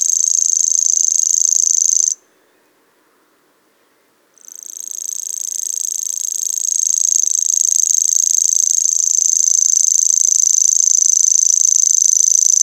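Grasshopper song, a high rapid pulsed buzz that breaks off for about two seconds, then resumes softly and builds back to a steady trill.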